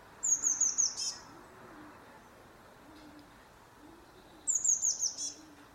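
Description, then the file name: Eurasian blue tit calling in two bursts of rapid, thin high notes that slide slightly downward and end in a short buzz, with faint low cooing underneath. "Cyanistes caeruleus"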